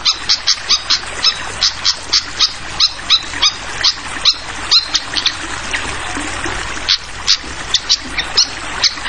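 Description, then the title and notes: Fantail calls: a long run of bright, clipped high notes repeated rapidly and fairly evenly, with a continuous watery rush beneath. Tutoring track (masteran) for training songbirds, featuring a clear-voiced fantail mixed with the sound of flowing water. "Masteran Sikatan Kipas Suara Jernih Dan Suara Gemericik Air. Suara Burung Sikatan Londo"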